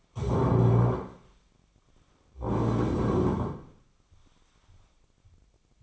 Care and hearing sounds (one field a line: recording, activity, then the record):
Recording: daily activity, microphone in the room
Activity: stand up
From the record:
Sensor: 1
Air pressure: 1009.3 hPa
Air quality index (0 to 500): 178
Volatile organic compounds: 3 ppm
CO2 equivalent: 1502 ppm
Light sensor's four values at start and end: 42/111/46/54 and 39/102/43/50